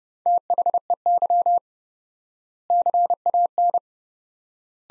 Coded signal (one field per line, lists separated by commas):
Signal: Morse code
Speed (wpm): 30 wpm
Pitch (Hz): 700 Hz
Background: none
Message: THEY CAN